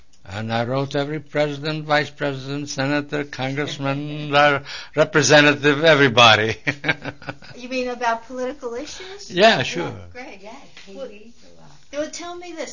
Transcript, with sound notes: And I wrote every President, Vice-President, Senator, Congressman, Representative, everybody. ( he laughs )
You mean, about political issues?
Yeah, sure.
Great. Tell me this.